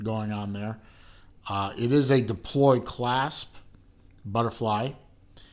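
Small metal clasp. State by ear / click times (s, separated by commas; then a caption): not seated / none. A butterfly deployant clasp on a leather watch strap is handled while someone talks, with one half of the clasp about to be folded over. Nothing has seated or clicked yet; the clip ends just before the clasp half snaps closed.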